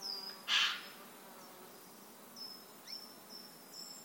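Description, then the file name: Eurasian jay, one loud, grating screech near the start, followed by faint high-pitched chirps. "Garrulus glandarius"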